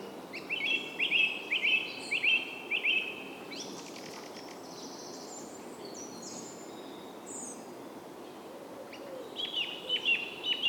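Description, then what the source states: Bird song of quick, bright, repeated chip notes in a rapid series, a pause with faint high twitters, then the chipping returns, over a broad hiss. Soundscape.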